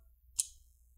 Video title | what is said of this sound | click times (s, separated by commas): How to upgrade ram on Acer Aspire Vero AV15-52-77MH | just like that once you hit those click that means it's in place | 0.4 s